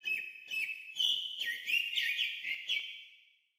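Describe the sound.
Bird giving a quick series of short, high whistled notes that fade out after about three seconds.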